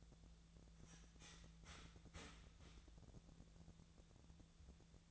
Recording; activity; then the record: daily activity, microphone in the room; start toaster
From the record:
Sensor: 3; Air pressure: 1000.2 hPa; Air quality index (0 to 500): 156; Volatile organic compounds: 3 ppm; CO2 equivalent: 1373 ppm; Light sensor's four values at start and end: 36/92/39/42 and 36/92/39/42